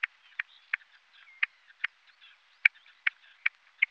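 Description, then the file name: Partridge giving short, sharp clucking notes at uneven intervals. "Perdiz"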